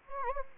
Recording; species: mosquito wingbeat signal from an infrared sensor; Anopheles gambiae